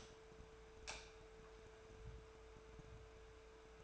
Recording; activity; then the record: daily activity, microphone in the room; light on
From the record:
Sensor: 2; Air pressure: 1014.6 hPa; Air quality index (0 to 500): 186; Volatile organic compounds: 14 ppm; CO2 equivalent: 2455 ppm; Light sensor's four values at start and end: 28/69/30/33 and 34/88/37/40